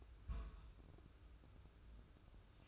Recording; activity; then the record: daily activity, microphone in the room; place on stove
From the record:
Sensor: 2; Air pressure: 995.3 hPa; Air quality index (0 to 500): 78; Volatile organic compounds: 3 ppm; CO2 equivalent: 1395 ppm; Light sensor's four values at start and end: 23/74/29/27 and 23/74/29/27